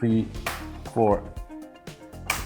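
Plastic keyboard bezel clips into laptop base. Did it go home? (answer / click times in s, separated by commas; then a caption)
yes / 2.3 s. A plastic keyboard bezel on an Ideapad 100 / Lenovo B50 15-inch notebook is pressed into the laptop base while someone talks and counts. At 2.3 s the last clips give a loud, sharp snap, confirming that all clips are seated in place.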